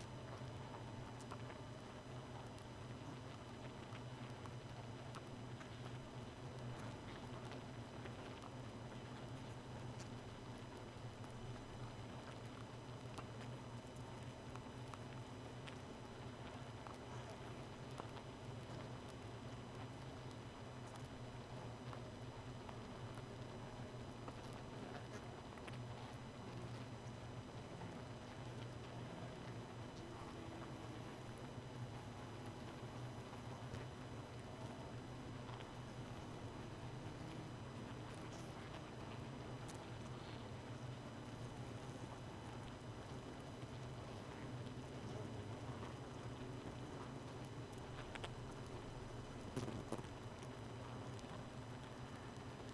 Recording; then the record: honeybee colony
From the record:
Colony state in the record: missing queen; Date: 31 May 2018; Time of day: 0:57